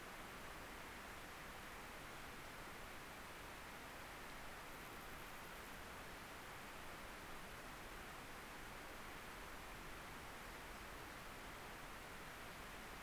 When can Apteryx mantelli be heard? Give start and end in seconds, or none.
none